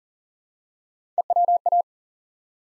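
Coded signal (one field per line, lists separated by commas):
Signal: Morse code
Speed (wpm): 38 wpm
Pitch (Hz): 700 Hz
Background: none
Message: EWA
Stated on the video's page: Morse head-copy drill of ARRL section abbreviations used in Field Day exchanges, at 40 wpm, each sent, then spoken, then sent again.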